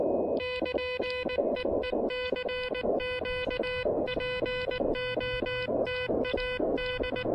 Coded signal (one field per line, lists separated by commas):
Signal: Morse code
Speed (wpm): 19 wpm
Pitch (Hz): 2500 Hz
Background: music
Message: <KN> EE CQ POTA D